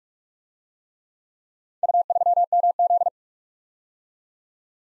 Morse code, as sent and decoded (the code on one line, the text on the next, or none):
..- ...-- -- --..
U3MZ